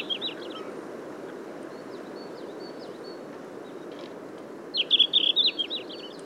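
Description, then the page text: Red-flanked bluetail song: the tail of a phrase, faint high ticks, then one clear quick warbled phrase near the end, over constant low rumbling noise. "Синехвостка - (лат. Tarsiger cyanurus), Patrick Franke"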